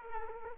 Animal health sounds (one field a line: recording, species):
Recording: mosquito wingbeat signal from an infrared sensor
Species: Aedes aegypti